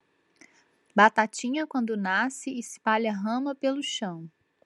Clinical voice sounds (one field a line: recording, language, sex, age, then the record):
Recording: short text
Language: Brazilian Portuguese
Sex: female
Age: 30 to 39 years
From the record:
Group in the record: control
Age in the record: 36 years